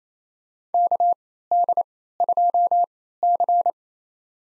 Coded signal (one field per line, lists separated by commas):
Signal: Morse code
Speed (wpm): 27 wpm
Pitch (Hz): 700 Hz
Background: none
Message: KD2C